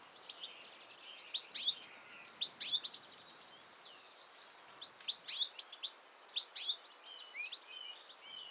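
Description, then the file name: European goldfinch giving rapid high twittering calls with short buzzy bursts spread throughout, several overlapping notes, against a soft hiss. "Carduelis carduelis"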